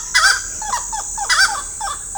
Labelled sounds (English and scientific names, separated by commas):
Gray-cowled Wood-Rail (Aramides cajaneus)